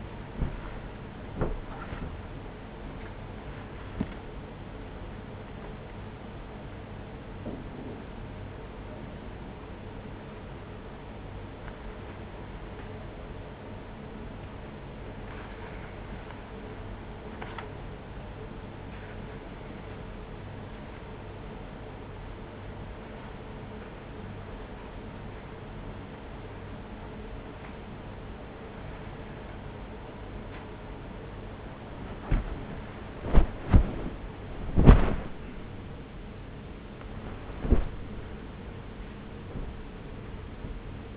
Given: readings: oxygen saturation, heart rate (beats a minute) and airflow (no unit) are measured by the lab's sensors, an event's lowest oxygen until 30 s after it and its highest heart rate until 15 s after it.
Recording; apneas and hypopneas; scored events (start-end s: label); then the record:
a person awake in a sleep study, by a voice recorder at the bedside; none
0.00-41.17 s: awake
0.00-41.17 s: awake
From the record:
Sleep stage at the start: awake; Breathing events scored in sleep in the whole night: 210 in 6.9 hours asleep